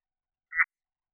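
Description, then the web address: Red-eyed tree frog giving a single short, clucking chack note, brief and mid-pitched, surrounded by silence. "phyllomedusidae Agalychnis-callidryas"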